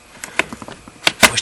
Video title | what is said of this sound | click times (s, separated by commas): Blower Motor Resistor Replacement 2003 Nissan Pathfinder | the glove box in and it snaps right in place and that's it all right | 0.4 s, 1.1 s